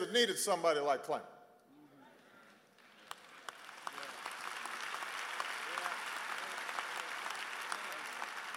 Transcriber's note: applause